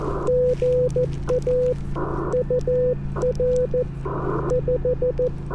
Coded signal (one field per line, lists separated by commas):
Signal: Morse code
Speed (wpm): 14 wpm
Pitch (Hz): 500 Hz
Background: none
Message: GA UR 5